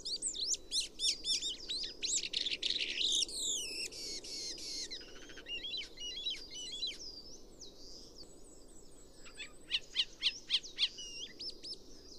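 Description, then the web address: Chestnut-cheeked starling calls: a dense, fast chatter of high squeaky notes and buzzy bursts, fading to sparse chirps midway before a lively flurry returns. "komukudori"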